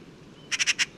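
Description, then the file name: Eurasian magpie giving a short harsh chatter of four grating notes in quick succession, over faint background hiss. "Pica pica"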